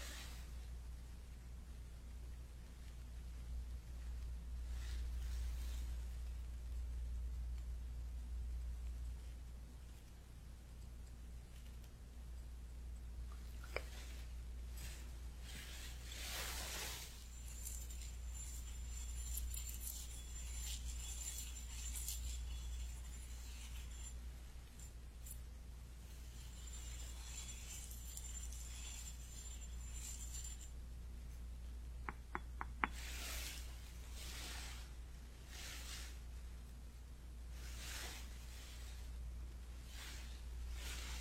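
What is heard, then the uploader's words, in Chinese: Chinese herbal medicine being measured and pounded, with bursts of scraping and crushing around 17, 27 and 35 seconds over a steady low hum. 中医配药、捣药触发音。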